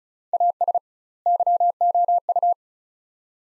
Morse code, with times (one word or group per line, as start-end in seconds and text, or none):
0.3-0.8 AS
1.3-2.5 YOU